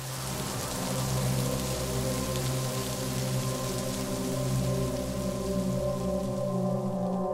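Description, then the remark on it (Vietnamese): Steady rain falls by a riverbank in an even, continuous hiss for several seconds, with sustained low droning tones running underneath and no voices. “chỉ có tiếng mưa trời đang âm thầm tiễn Xuyến bên bờ sông quen thuộc”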